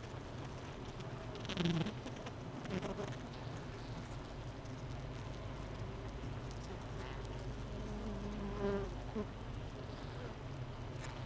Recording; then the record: honeybee colony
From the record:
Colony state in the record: missing queen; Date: 31 May 2018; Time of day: 7:50